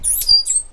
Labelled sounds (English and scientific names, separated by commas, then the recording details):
Stitchbird (Notiomystis cincta) song
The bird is a male
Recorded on Tiritiri Matangi Island, New Zealand, in 2005
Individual 8, of nest box 10